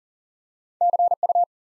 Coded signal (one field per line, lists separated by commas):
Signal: Morse code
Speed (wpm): 42 wpm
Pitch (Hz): 700 Hz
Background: none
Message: CU